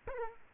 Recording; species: mosquito wingbeat signal from an infrared sensor; Aedes aegypti